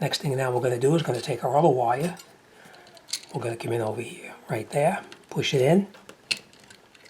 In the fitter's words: locks in same thing here take this one bring it in here